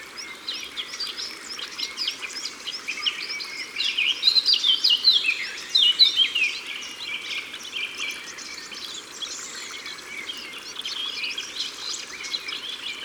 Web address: Fauvette a tete noire Au bord de leau. album au-bord-de-leau